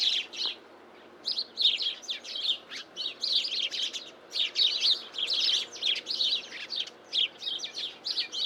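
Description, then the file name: House sparrow calls: rapid repeated chirps in dense clusters, pausing briefly near the start, then chattering steadily to the end. "Passer domesticus"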